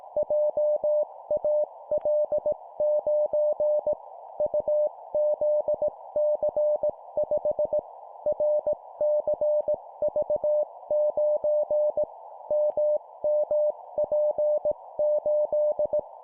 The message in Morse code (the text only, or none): JAL9 UZC5 RCV9 MMP8